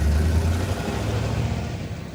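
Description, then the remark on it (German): A car engine rumbles with a deep, steady drone in the rain, its low hum easing and thinning slightly as the vehicle pulls away. No voices are heard. “Ich fahre lieber wieder auf die Hauptstraße und nehme den Weg von der Tankstelle, wie immer.”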